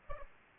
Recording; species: mosquito wingbeat signal from an infrared sensor; Aedes aegypti